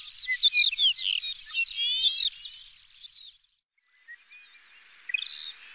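Bird chorus of busy, twittering whistles and chirps for about three seconds, a brief lull, then softer chirps and a rising whistled phrase near the end.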